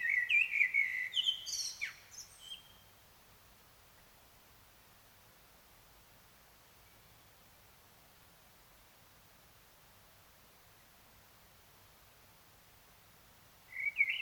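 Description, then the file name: Common blackbird song: a low fluty warbled phrase ending in a high squeaky twitter, followed by a long quiet pause before another phrase begins. "Turdus merula"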